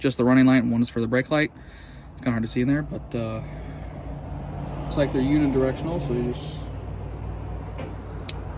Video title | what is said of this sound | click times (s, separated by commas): 2001 Honda Accord brake light replacement, step by step | put it back in kind of click in place see they're stiff | 8.3 s